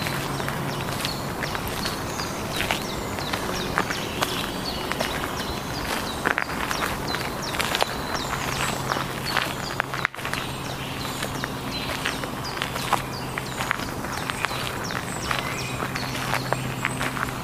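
A soundwalk at Ludwigsteich near Roßdorf, with footsteps crunching steadily throughout. Many short, bright chirps and calls scatter over a constant low hum, and a sharp knock or bump stands out around the ten-second mark.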